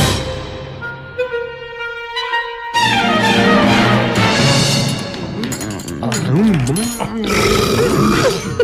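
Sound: loud burping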